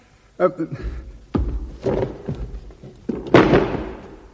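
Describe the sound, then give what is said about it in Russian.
Heavy, dull thuds of a person falling, several uneven impacts over a few seconds with scuffling in between and faint voices mixed in. “Смотри, упал.”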